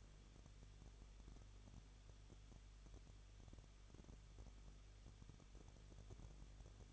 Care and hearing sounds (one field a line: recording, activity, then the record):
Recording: daily activity, microphone in the room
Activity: no activity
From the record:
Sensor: 4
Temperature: 23.1 degrees Celsius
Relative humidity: 33.9%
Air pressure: 1007.2 hPa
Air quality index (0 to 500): 216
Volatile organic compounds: 15 ppm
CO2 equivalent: 2492 ppm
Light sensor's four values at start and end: 2/3/1/1 and 2/3/1/1